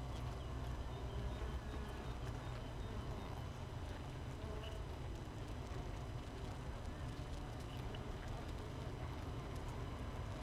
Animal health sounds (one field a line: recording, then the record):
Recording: honeybee colony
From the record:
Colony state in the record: missing queen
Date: 31 May 2018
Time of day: 5:59